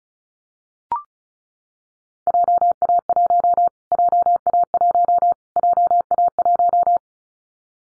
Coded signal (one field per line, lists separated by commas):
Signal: Morse code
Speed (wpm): 36 wpm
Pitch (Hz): 700 Hz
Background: none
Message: JA1 JA1 JA1